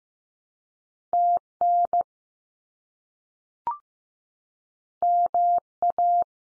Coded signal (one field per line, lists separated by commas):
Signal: Morse code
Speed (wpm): 15 wpm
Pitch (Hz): 700 Hz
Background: none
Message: TN MA